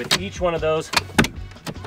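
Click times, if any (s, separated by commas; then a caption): 1.2 s. Someone talks while a telescoping section of the aluminium ladder on a Roofnest Condor XL rooftop tent is lifted with a foot on the bottom rung. The section clicks sharply into place at 1.2 s, locking into the next section so it won't slide back down, and the ladder ends up fully locked.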